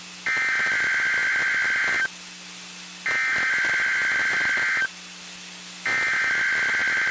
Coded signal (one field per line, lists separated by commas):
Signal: Emergency Alert System (SAME) tones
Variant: header bursts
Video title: WXK35 Broadcast Cycle & RWT (EAS 1335)